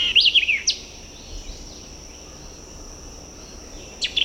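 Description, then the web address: White-eyed vireo with a quick phrase of chips and slurred whistles, then the start of another phrase, over a steady high hiss. "Birds of the Chicago Region. White-eyed Vireo"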